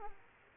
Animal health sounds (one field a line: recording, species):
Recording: mosquito wingbeat signal from an infrared sensor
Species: Aedes aegypti